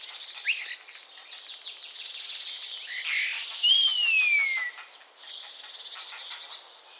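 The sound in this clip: Common starling chattering with scratchy clicking notes, then a clear whistle that rises briefly and slides steadily downward, with soft noise throughout.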